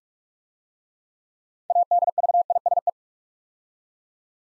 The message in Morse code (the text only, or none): ADVISE